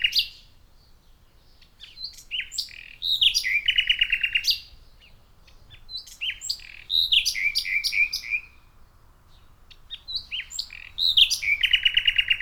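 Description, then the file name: Common nightingale song in three phrases of varied notes, each with a loud, fast run of repeated throbbing notes, with short pauses between phrases. "Luscinia megarhynchos"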